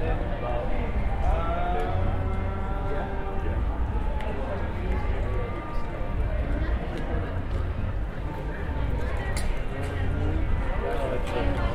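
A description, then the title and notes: Walking through a crowded outdoor protest area, with many overlapping voices talking and calling out. A steady low rumble of city noise runs underneath throughout, and the crowd chatter stays dense and continuous with no pauses. Walking into Capitol Hill Organized Protest (CHOP). Capitol Hill Organized Protest (CHOP/CHAZ), Seattle, WA ~10:30pm. Walking into CHOP on 12th (from south), passing by the East Precinct and heading west on Pine along Cal Anderson Park.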